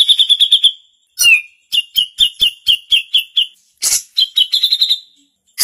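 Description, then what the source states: Bulbul calling in quick stuttering series of clipped notes, one run after another, broken by short silences and a few harsh noisy bursts. Female bird.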